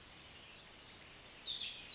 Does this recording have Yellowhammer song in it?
no